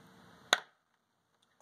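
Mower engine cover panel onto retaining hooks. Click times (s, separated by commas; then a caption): 0.5 s. An engine cover panel on a Husqvarna RZ5424 mower with a Kohler Courage 24 hp engine is dropped back down over the engine area onto its retaining hooks. A single loud, sharp click at 0.5 s rings out over a low background hum and quickly decays, followed by near silence with two faint ticks near 1.4 and 1.6 s. The panel clicks past the hooks and is seated, held in place.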